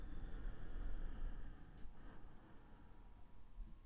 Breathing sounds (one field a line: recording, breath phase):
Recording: one breath near a microphone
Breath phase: exhalation